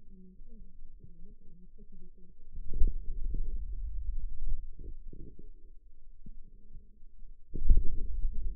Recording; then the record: forearm muscle sounds (acoustic myography)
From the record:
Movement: hand closing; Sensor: system 2, bracelet of six BSWA MPA416 microphones around the upper forearm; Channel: 2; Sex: male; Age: 22 years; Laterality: right